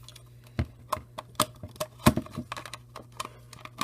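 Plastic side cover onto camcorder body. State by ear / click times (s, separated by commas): partly seated / 0.9 s, 1.4 s, 2.1 s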